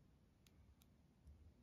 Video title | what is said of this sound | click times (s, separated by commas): Samsung Galaxy Tab S7 Fe : How to Insert Micro SD - Move Apps to Memory Card | okay and just push it and you will hear a sound of click | 0.5 s, 0.8 s